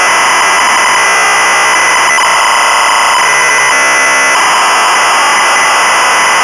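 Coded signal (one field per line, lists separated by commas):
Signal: ZX Spectrum tape loading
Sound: loud continuous harsh buzzing screech of tape data, with a brief glitch partway through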